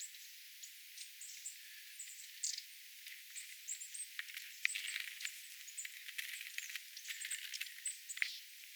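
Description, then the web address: Long-tailed tit flock calls: very high thin notes and buzzy, rattling calls from several birds, growing busier in the second half. Calls of a small flock of small birds, a tit flock including long-tailed tits, recorded 27 January 2026. "paivat 27 1 2026 pikkulintuparvi pyrstotiais tiaisparven aantelya"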